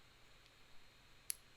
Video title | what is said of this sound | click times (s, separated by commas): MAINTENANCE SERIES #9: WAIT! Before You Replace Your Bobbin Case, Try a Good Cleaning First! | it snaps back pretty well | 1.3 s